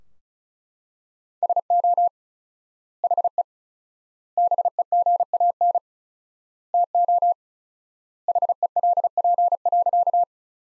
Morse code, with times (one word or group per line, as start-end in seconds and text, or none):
1.4-2.1 SO
3.0-3.4 HE
4.4-5.8 BEGAN
6.7-7.3 TO
8.3-10.2 HELP.